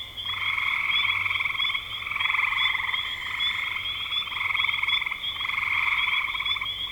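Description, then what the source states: Frogs calling in overlapping pulsed trills of a second or more each, an almost unbroken chorus with a steady high-pitched tone. Frogs recorded in spring 2025.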